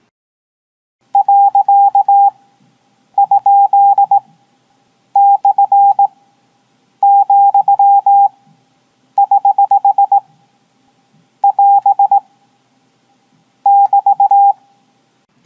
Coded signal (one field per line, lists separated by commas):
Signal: Morse code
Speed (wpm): 18 wpm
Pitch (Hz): 800 Hz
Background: none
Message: . ? / , <HH> <AS> <BT>